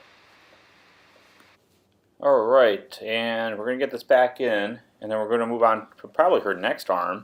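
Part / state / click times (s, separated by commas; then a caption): statue arm into shoulder socket / not seated / none. A detached arm piece of a resin Sideshow Star Wars Jyn Erso Premium Format Exclusive collectible statue is handled and lined up with its shoulder socket before being pushed in. A faint hiss fades out after about 1.5 seconds, followed by a brief silence, and then someone talks from about 2.2 seconds to the end. Nothing has snapped into place yet.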